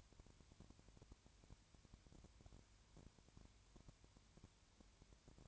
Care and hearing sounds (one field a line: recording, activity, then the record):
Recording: daily activity, microphone in the room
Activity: no activity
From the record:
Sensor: 2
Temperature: 20.3 degrees Celsius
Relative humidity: 33.8%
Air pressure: 1003.2 hPa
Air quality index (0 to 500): 82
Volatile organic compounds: 1 ppm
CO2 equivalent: 785 ppm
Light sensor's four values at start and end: 2/3/2/2 and 2/3/2/2